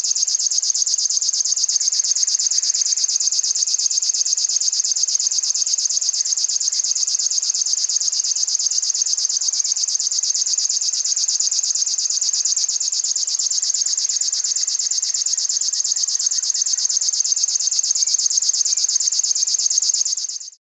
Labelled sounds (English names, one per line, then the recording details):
River Warbler
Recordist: Frommolt, Karl-Heinz
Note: Gesang